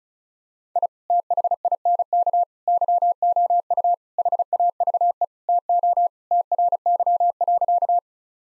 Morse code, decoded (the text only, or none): I THINK YOU HAVE TO TRY.